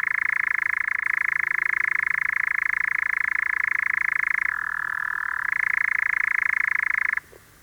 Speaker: Tämän hyrinän monet tuntevat. Sen saa aikaan kehrääjä, hämärän lintu.